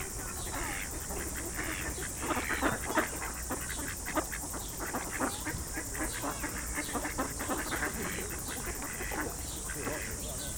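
Ducks quacking in a dense, continuous chorus of overlapping nasal calls, with a steady background hiss.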